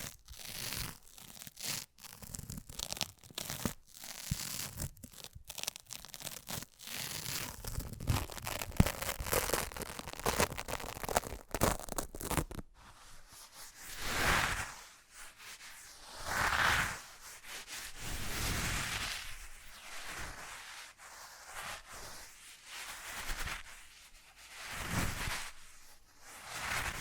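Fast-changing ASMR triggers: for the first twelve seconds, rapid crinkly tapping and scratching clicks come in quick irregular bursts. Then the sound shifts to slower swelling brushing and rubbing strokes, some with a faint whistling tone, returning every couple of seconds.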